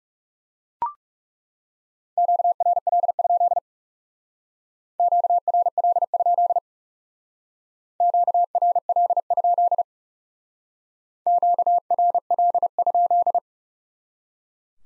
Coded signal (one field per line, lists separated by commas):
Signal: Morse code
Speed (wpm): 38 wpm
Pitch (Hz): 700 Hz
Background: none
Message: QRL? QRL? QRL? QRL?